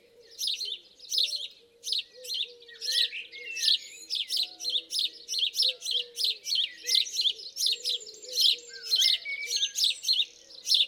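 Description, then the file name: House sparrow chirping insistently, dense bright chirps in quick succession, with scattered lower whistled notes behind. "Passer domesticus"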